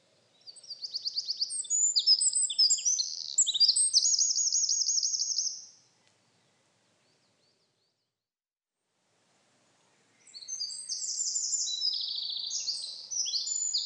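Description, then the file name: Eurasian wren song in two loud bursts of high rapid notes and rattling trills, separated by several seconds of silence. "Troglodytes troglodytes"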